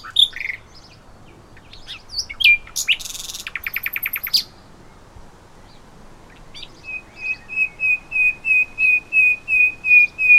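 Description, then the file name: Common nightingale song: a rapid rattling phrase, a pause, then a series of pure whistled notes repeated about three times a second, growing louder. "Luscinia megarhynchos"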